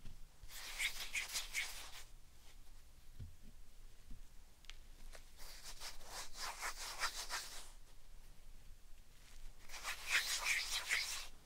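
Slime sand is squished and scraped in three bright, crackly bursts around one, six, and eleven seconds, with soft ticks and quiet between.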